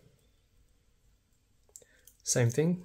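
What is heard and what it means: After a quiet stretch, the second strap end is fitted into a Galaxy Watch smartwatch lug and seats with one sharp click at 1.8 s, followed by a fainter tick at 2.1 s. Someone then talks briefly.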